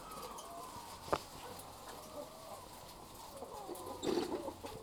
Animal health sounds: poultry house recording; sick chickens (respiratory disease)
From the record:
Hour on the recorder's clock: 16

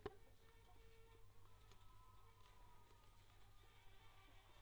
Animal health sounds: poultry house recording; healthy chickens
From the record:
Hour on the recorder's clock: 23

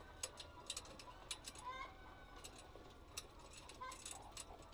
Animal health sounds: poultry house recording; healthy chickens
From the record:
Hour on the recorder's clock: 7

